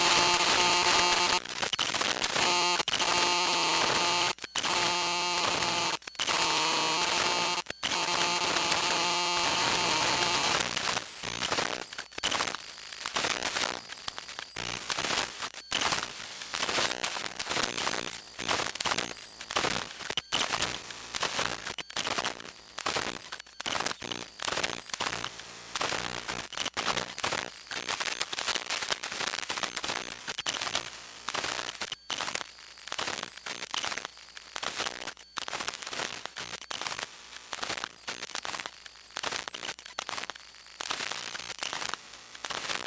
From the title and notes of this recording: Nexus 5 Running - Bluetooth, Wifi, LTE. A series of recordings performed with an Elektrosluch 3 active induction microphone.